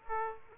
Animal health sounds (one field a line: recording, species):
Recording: mosquito wingbeat signal from an infrared sensor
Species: Aedes aegypti